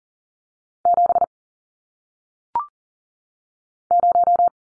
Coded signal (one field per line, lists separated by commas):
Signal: Morse code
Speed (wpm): 40 wpm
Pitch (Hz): 700 Hz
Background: none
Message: 7 0